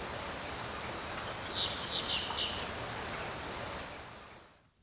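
Manatee squeaks: a few short, high, tonal chirps bunched together near the middle, over steady hissing noise that fades out at the end.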